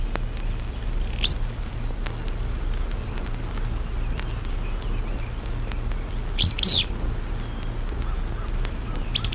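Traill's Flycatcher calling with brief, sharp high notes, one early, a close pair later, and another at the end, over a constant low hum.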